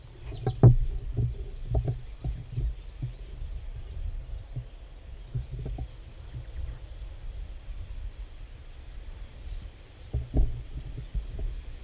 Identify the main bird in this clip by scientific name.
Emberiza schoeniclus